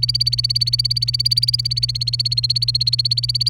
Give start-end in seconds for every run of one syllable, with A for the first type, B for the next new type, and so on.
0.00-3.49 A